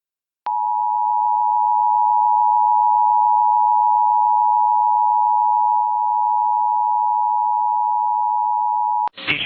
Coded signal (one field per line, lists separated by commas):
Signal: Emergency Alert System (SAME) tones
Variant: 853 and 960 Hz attention tone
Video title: {EAS Archive} EAS Flash Flood Warning- July 31, 2025- 8:42PM PDT (KLEW-TV)